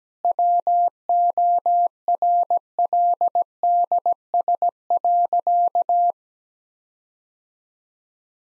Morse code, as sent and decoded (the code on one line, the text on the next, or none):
.-- --- .-. .-.. -.. ... .-.-.-
WORLDS.